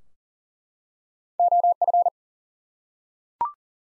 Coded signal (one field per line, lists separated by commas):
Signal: Morse code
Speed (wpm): 40 wpm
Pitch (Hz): 700 Hz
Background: none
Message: OF